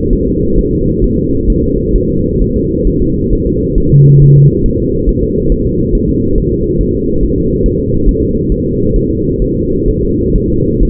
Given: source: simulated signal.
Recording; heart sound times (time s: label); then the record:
fetal heart sounds
0.13 s: S1
0.27 s: S2
0.59 s: S1
0.73 s: S2
1.04 s: S1
1.19 s: S2
1.50 s: S1
1.64 s: S2
1.96 s: S1
2.10 s: S2
2.41 s: S1
2.56 s: S2
2.87 s: S1
3.02 s: S2
3.33 s: S1
3.47 s: S2
3.78 s: S1
3.92 s: S2
4.22 s: S1
4.37 s: S2
4.66 s: S1
4.80 s: S2
5.09 s: S1
5.24 s: S2
5.52 s: S1
5.67 s: S2
5.95 s: S1
6.10 s: S2
6.38 s: S1
6.52 s: S2
6.81 s: S1
6.95 s: S2
7.23 s: S1
7.38 s: S2
7.66 s: S1
7.80 s: S2
8.09 s: S1
8.23 s: S2
8.52 s: S1
8.66 s: S2
8.96 s: S1
9.11 s: S2
9.42 s: S1
9.56 s: S2
9.88 s: S1
10.03 s: S2
10.36 s: S1
10.50 s: S2
10.83 s: S1
From the record:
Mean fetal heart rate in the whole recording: 135 bpm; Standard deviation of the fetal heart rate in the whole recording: 3 bpm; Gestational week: 36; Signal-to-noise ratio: -15.3 dB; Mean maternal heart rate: 72 bpm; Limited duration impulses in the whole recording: present